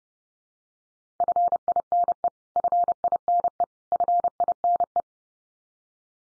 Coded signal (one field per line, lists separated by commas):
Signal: Morse code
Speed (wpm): 30 wpm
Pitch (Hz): 700 Hz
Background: none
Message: FINE FINE FINE